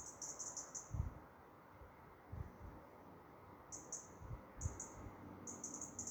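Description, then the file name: European robin uttering short clusters of thin, high, tinny notes, four bursts spread throughout, with low rumbling noise and soft thuds beneath. "Erithacus rubecula"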